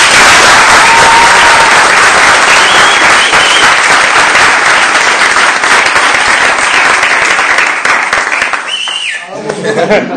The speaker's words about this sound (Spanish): Si ese fue el aplauso para mí, ¿cómo le aplaudirían a Jesús?